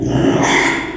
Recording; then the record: squeal of a Yucatan mini pig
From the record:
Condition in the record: after surgery on the right vocal fold (resection and tissue-engineered implant); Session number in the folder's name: 3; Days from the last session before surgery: 33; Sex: male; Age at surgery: 12 weeks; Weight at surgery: 13 kg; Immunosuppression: cyclosporine, prednisolone